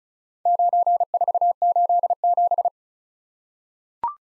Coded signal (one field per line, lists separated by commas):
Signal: Morse code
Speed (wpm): 36 wpm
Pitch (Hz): 700 Hz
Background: none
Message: 9487